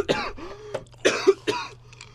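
Three or four quick, harsh voiced cough bursts from an adult man, with a throat-clearing quality.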